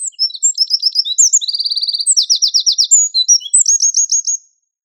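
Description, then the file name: Eurasian wren song, a rapid high-pitched outpouring of tinkling notes and fast rattling trills that run together without pause, then stop abruptly. "Troglodytes troglodytes"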